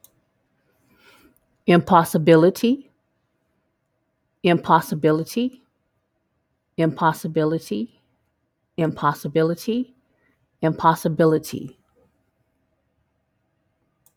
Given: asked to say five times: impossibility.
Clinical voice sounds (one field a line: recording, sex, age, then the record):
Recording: repeated word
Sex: female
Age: 50 to 59 years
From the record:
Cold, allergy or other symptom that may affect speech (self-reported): no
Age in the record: 56 years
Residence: Georgia, United States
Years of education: 14